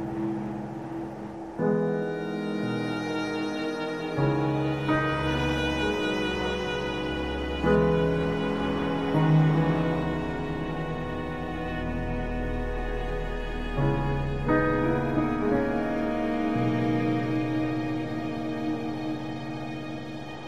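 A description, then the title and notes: Slow ambient music of long, sustained chords that shift every few seconds, near 2, 4, 8, 14 and 17 seconds. A deep, low bass tone sits under soft, bright upper notes, and the loudness stays even throughout with no sharp events. Snowy Forest - Ambience and Ambient Music.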